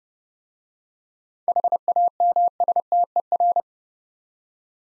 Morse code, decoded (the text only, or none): HAMSTER